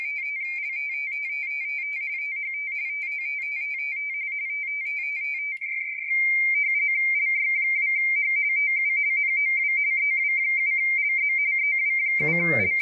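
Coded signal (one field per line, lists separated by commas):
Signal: RTTY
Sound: warbling two-tone teletype chatter, rapid alternation between close pitches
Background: radio static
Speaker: answered my call i gave i got 599 when i transmit with the system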